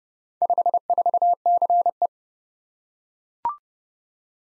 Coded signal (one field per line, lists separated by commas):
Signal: Morse code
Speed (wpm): 30 wpm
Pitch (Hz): 700 Hz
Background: none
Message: 54CE